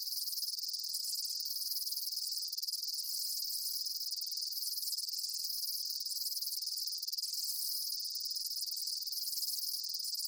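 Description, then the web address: Many insects chirp in an even, high-pitched buzzing wash, unbroken throughout, with slight lower pulses at regular intervals. Daytime insect ambience, chirping bugs. "Blast Wave Amb Day Insects. animal ambience insects chirps day bugs"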